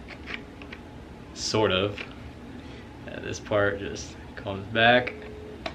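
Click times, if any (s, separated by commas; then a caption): none. A sliding section of a 3D-printed plastic cosplay weapon prop, a Gambol Shroud, is pushed back toward the magnets inside the main body while someone talks, with small handling ticks around 0.3, 0.6, 0.7, 3.1 and 5.7 seconds. The clip ends before the section reaches the body's magnets, so nothing has seated or locked in place yet.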